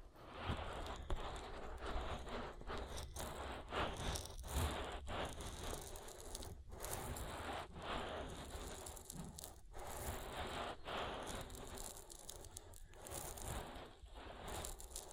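Oil being worked around an ear with fingers, giving a continuous wet, crackling rustle with a steady low rumble underneath. Brief dips to near silence break it every second or two, around 6.5, 8, 10 and 13 seconds, as the rubbing pauses and resumes.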